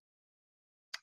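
A plastic end cap is slotted back onto a marker barrel, where it has to sit tight or the ink will evaporate. After near silence, a single short, sharp click sounds at 0.9 s as the cap seats.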